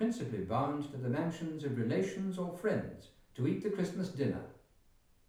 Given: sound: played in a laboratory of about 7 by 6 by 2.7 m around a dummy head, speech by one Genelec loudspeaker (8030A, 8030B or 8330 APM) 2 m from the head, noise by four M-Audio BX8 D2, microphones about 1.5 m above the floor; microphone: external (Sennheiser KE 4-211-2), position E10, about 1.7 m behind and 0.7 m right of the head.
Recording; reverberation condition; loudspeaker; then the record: male speech in English; medium; 60 degrees to the right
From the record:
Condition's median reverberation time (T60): about 510 ms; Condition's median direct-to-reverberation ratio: about -0.5 dB